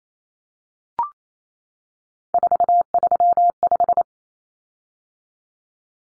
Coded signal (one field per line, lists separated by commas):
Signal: Morse code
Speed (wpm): 28 wpm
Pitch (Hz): 700 Hz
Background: none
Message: 435